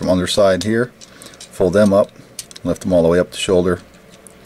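Someone talks while the plastic arms of a Cyberverse Optimus Prime Commander Class action figure are folded up and lifted toward the shoulder joint during transformation. Faint handling ticks sound between the speech. Nothing has seated or popped into place yet.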